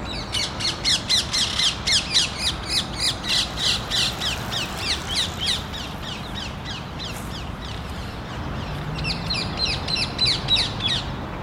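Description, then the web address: Parakeets giving harsh, shrill squawks in a rapid, dense series of about three or four per second, briefly easing off midway and then resuming. Parakeets in a park. "Ian Hubball Park Parakeets"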